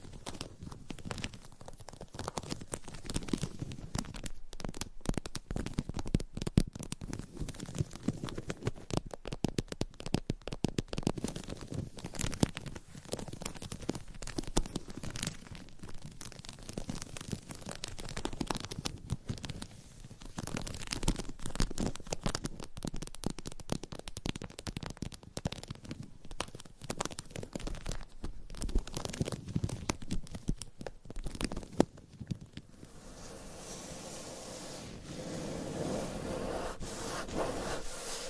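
Dense, irregular scratching and tapping on a surface, crackly and continuous throughout, softening into a smoother, steadier rubbing in the final seconds.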